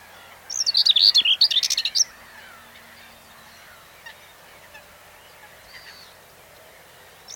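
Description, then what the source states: Common whitethroat song: a fast, scratchy warbling phrase lasting about one and a half seconds, followed by quiet with faint bird notes. Song recorded 8 June 2020.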